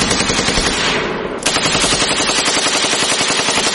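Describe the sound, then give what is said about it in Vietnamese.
Rapid, sustained automatic fire from an RBK light machine gun, dense rattling bursts with a brief pause just before the midpoint, then continuing relentlessly and loud, with no voices. “bỏ AK, dùng trung liên RBK bắn như giải trấu.”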